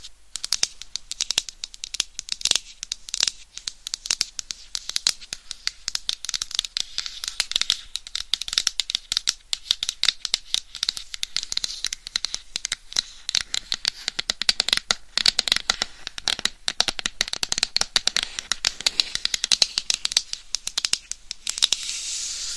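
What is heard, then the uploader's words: Scratching on a binaural microphone, a dense, continuous run of rapid crackly strokes lasting throughout. The sound stays bright and hissy, with little low end, and individual scrapes and taps flicker quickly without a steady rhythm, growing slightly busier toward the end. ASMR Binaural Mic Scratching & Tapping for 100% SLEEP No Talking with Long Nails.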